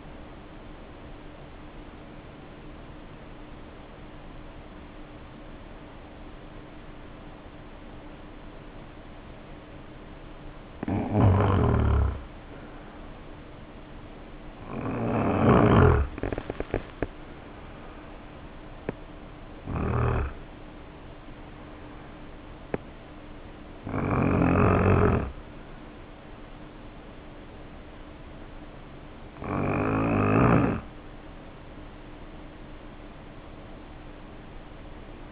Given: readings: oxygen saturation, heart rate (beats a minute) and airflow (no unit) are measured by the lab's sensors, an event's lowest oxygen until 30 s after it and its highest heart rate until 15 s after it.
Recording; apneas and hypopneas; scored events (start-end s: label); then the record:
breathing in sleep by a voice recorder at the bedside; 1
5.00-20.10 s: hypopnea (N1, oxygen 94% highest, then 87% lowest, heart rate 54 at the start, 64 highest)
31.00-35.32 s: new sleep stage, N2 (light sleep)
From the record:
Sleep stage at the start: N1 (lightest sleep); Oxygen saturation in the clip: 87 to 94%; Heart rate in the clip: 49 to 64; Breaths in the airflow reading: 11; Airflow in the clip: -0.9 to 0.6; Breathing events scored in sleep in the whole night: 520 in 7.2 hours asleep